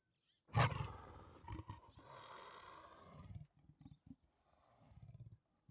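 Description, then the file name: Leopard roar opening with a sudden loud, harsh burst, then rumbling, rasping growls that fade into short low grunts over the last two seconds. "Digiffects Sound Effects Library - Leopard Growls and Roars"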